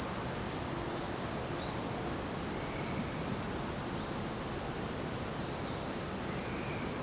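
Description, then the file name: Eurasian blue tit giving very high, thin call notes in short clusters of two or three, with short gaps between groups and faint background noise. "Cyanistes caeruleus"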